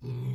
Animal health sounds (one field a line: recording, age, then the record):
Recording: pig call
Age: weaner (32 to 43 days)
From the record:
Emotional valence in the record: negative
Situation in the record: long isolation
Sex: female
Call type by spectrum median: low-frequency call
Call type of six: low-frequency stable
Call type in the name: low-frequency stable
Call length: 0.35 s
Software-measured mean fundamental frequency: 62 Hz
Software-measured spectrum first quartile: 125 Hz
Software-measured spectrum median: 147 Hz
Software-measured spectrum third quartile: 243 Hz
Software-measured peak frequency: 130 Hz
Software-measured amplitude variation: 90 dB a second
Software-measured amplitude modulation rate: 27.2 a second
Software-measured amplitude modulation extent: 3.3 dB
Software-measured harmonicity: -12.1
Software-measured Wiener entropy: -0.20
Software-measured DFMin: 1064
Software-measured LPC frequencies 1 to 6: 2356, 3434, 4415, 5216, 6158, 7043 Hz